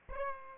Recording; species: mosquito wingbeat signal from an infrared sensor; Aedes albopictus